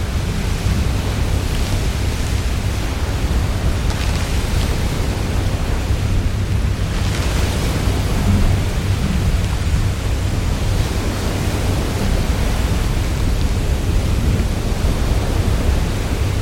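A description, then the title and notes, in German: A stormy sea roars in a dense, unbroken wash of sound with a heavy low rumble underneath. Brief brighter surges of spray or gusting wind swell up around two, four and seven seconds, while the overall loudness stays steady throughout. Weißes Rauschen von Wind und Regen aus der Schiffskabine. Treten Sie an Bord eines mächtigen Frachtschiffes, während es gegen die stürmische Nordsee kämpft. Stürmisches Meer.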